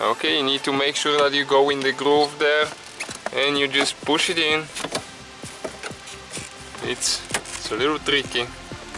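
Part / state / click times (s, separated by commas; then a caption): plastic trim piece into groove of battery compartment / not seated / none. Someone talks while a plastic trim piece is pushed into the groove of the battery compartment on a 2002–2005 Audi A4 B6, a slightly tricky fit, with handling noises and a brief sharp knock. Nothing has seated or clicked into place yet.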